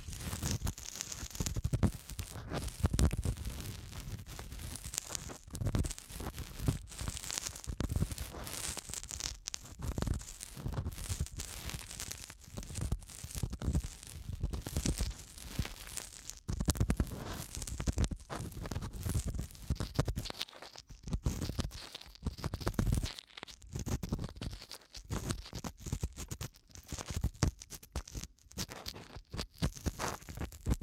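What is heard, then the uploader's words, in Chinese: Ear cleaning and gentle blowing, heard as dense, scratchy crackling and rustling that comes in rapid, irregular bursts with a soft airy hiss on top. The texture stays busy throughout, easing briefly around twenty seconds before resuming. 酥麻吹气掏耳（左右耳交替）。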